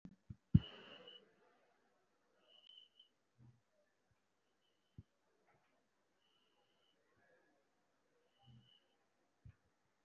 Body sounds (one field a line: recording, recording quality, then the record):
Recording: deep breathing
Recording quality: moderate, slight background noise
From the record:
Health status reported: respiratory illness, not identified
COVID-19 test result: negative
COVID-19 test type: RT-PCR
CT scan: not taken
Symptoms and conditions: cough, cold, breathing difficulty, fatigue, muscle pain, chronic lung disease, pneumonia, another respiratory illness, hypertension, another condition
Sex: male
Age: 64 years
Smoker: no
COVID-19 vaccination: both doses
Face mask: not worn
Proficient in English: yes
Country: India